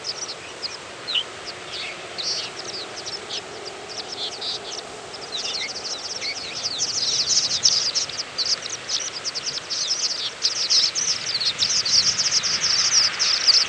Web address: larks hola holaflok